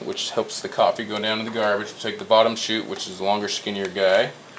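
Someone talks while handling the longer, skinnier bottom grounds chute of a coffee brewer, the part that helps the coffee go down to the garbage, as it is brought to its mount. The clip ends before the chute goes home, so nothing has seated or clicked yet.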